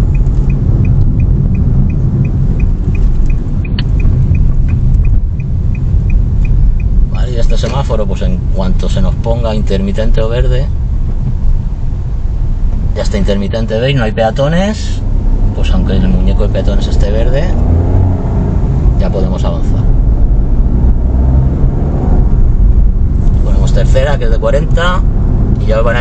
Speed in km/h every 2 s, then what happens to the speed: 34, 32, 19, 18, 14, 13, 10, 4, 13, 27, 25, 29, 33.
0-13 slows to 4. 15-18 speeds up to 27. 21-26 speeds up to 33.